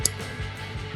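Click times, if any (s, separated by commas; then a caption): 0.1 s. A new tail light bulb is pushed into its socket plug on a 2020-2023 Toyota Highlander, giving a sharp, short click at 0.1 s as it seats. Music plays underneath throughout, with no other distinct hits.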